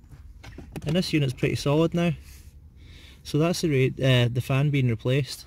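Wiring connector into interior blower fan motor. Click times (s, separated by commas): 0.4 s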